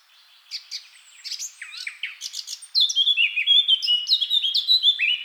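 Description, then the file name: Eurasian blackcap song: soft scratchy notes open the phrase, then a loud run of clear down-slurred whistles follows for the last half. "Sylvia atricapilla"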